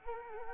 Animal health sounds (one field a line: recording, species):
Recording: mosquito wingbeat signal from an infrared sensor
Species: Anopheles gambiae